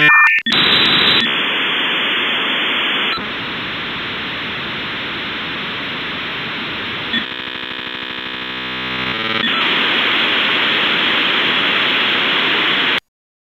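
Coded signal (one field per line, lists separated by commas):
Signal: dial-up modem handshake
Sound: quick tones and warble, then loud broadband hiss, a buzzy striped stretch, more hiss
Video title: The Sound of Dial-Up In Moving Pictures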